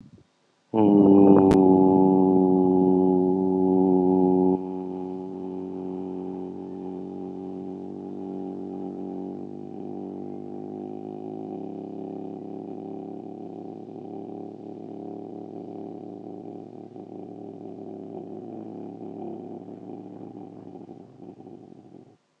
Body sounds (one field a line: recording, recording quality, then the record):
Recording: sustained vowel as in boot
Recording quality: excellent, no background noise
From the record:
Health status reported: healthy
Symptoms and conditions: hypertension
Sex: male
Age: 49 years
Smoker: not ticked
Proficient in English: yes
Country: India